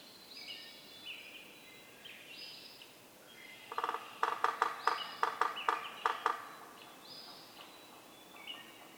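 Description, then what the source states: Yellow-bellied Sapsucker drumming: a quick roll of taps that breaks into slower, uneven knocks, while other birds sing high, whistled phrases throughout. Community of several drummers on varied substrates, mechanical non-vocal drumming; recorded 6:22–6:50 a.m. from 15 minutes before sunrise (6:37), April 24, 2018, Atlanta, Michigan.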